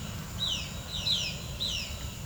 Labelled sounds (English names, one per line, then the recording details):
Violaceous Jay
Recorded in pastures near Puerto Asís, Putumayo, Colombia, on 24 June 2025 at 15:30
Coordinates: 0.497, -76.327
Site G040